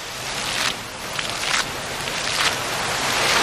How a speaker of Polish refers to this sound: Wodę w fontannach chyba dała specjalnie dla Państwa ….